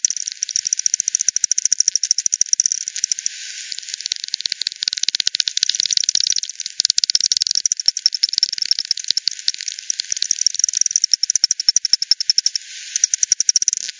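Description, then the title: Bat echolocation, a nearly continuous stream of rapid clicking pulses that thickens and thins throughout, with several bats overlapping. Multiple bats at Hogsmill River, Hogsmill Lane, 7 October 2020, 18:10; frequency-divided by ten bat detector output, bandpass filtered and resampled. "WW bat 20201007 T 18 : 10 Z-Hogsmill-Lane-Hogsmill-River-multiple-bats"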